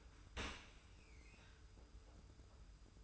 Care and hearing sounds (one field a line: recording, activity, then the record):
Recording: daily activity, microphone in the room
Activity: open dishwasher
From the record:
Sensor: 2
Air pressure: 991.2 hPa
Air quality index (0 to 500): 142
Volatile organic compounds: 278 ppm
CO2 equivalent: 4432 ppm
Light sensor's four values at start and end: 40/114/45/43 and 40/114/45/43